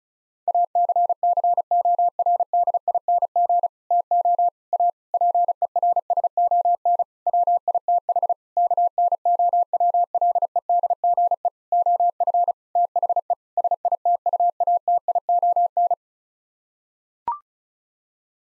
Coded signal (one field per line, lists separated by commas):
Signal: Morse code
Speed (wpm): 36 wpm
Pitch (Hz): 700 Hz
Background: none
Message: ACCORDING TO A PERSON WITH KNOWLEDGE OF THE SITUATION